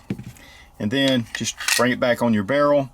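The recoil spring guide rod of a Girsan Regard MC Gen 4, a Beretta M9 clone pistol, snaps in behind the barrel's locking block during reassembly, with a sharp click at 0.1 s and a softer tick just after. Someone then talks as the part sits seated.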